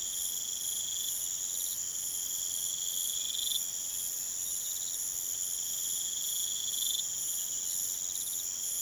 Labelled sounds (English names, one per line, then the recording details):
none
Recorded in pastures near Puerto Asís, Putumayo, Colombia, on 22 June 2025 at 03:00
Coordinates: 0.486, -76.323
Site H29